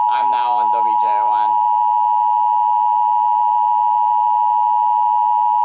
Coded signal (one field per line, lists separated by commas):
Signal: Emergency Alert System (SAME) tones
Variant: 853 and 960 Hz attention tone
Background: speech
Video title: EAS 407 FIRE WARNING UPDATE